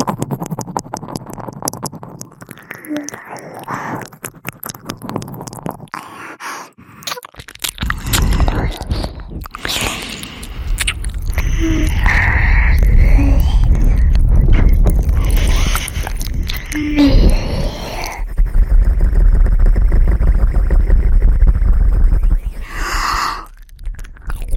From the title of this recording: ASMR Ear Eating Tingles